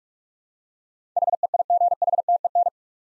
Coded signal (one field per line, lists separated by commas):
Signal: Morse code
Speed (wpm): 44 wpm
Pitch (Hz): 700 Hz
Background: none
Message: HEIGHTEN